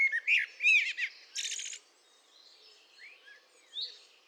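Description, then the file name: Common blackbird delivering a rich, fluty warbled phrase ending in a thin, rapid high chatter, followed by softer quiet twittering notes. "Turdus merula"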